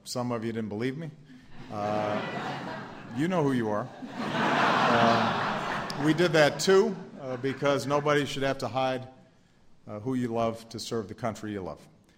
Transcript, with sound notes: Some of you didn't believe me. (Laughter.) You know who you are. (Laughter.) We did that, too ''- because nobody should have to hide who you love to serve the country you love.